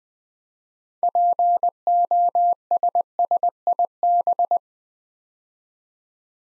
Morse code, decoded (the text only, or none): POSSIB